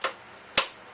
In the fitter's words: Yeah, that definitely snapped back in place.